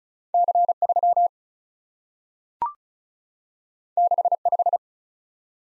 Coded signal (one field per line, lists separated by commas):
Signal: Morse code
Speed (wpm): 36 wpm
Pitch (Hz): 700 Hz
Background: none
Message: C 3 6 5